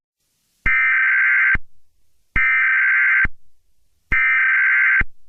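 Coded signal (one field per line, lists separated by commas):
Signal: Emergency Alert System (SAME) tones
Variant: header bursts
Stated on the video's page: Simulated EAS mock of a double test error; tone not for on-air use.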